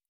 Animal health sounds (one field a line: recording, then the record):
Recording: hydrophone in a shrimp aquaculture tank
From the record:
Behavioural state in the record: normal